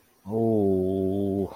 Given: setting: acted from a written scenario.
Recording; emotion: vocal sound without words; fear